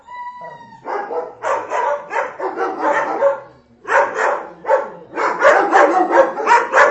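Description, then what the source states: Dog barking in fast, continuous volleys after a brief steady tone at the start; barks come in tight runs with a short break midway. Ten dogs barking.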